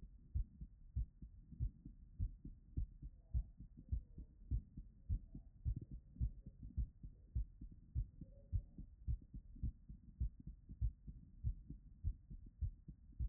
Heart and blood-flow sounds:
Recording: heart sounds by stethoscope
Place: Erb's point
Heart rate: 98 bpm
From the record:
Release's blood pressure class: hypertension stage 2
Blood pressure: 172/93 mmHg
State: after exercise

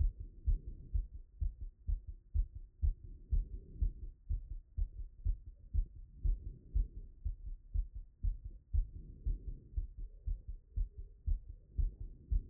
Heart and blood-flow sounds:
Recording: heart sounds by stethoscope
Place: Erb's point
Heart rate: 110 bpm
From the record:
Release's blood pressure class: hypertension stage 1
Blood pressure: 152/87 mmHg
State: after exercise

